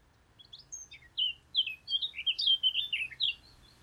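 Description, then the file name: Eurasian blackcap song: quick, jumbled high warbling notes, scattered at first and then bunched into a louder, rapid chattering flourish. "Sylvia atricapilla"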